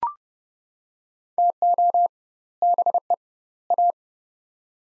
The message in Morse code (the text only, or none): TO BE A